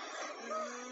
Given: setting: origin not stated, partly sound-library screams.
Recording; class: one-second piece from a danger detection set; woman in danger